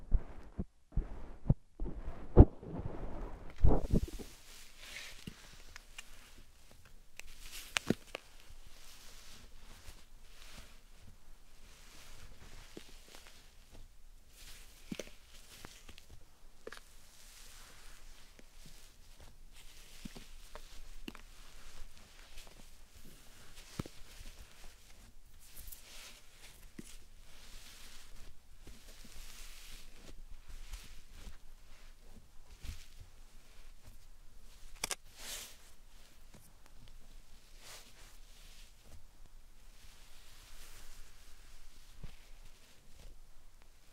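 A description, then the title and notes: Slime and sand are handled, opening with a few heavy, low thumps in the first four seconds. After that comes a steady, quiet stream of fine crackles, squishes and gritty clicks, bright and dense, with occasional louder pops. ASMR Satisfying Slime Sand Triggers for Sleep (No Talking).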